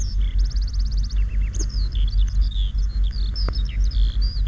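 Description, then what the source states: Eurasian Skylark song: a quick high trill followed by a continuous stream of warbled, chirping notes, over a low steady pulsing sound. Spring; silvery trills pour in a continuous stream from the distant sky.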